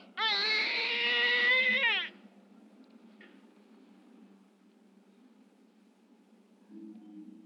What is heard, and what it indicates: Baby Crying with Female Voice in Background.